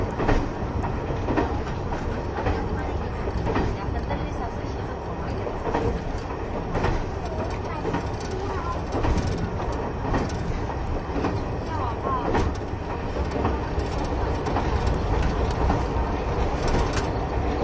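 Running sound recorded aboard the KiHa 71 series Yufuin no Mori diesel train: a steady, dense low rumble that holds an even level throughout. Sharp clacks from the rails come at a fairly regular pace, about every second or two, with faint voices underneath.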